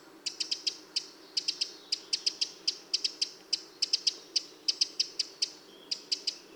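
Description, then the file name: Eurasian wren calling with sharp clicking ticks, delivered irregularly in short clusters with brief gaps between them, against a quiet low hum. "Troglodytes troglodytes"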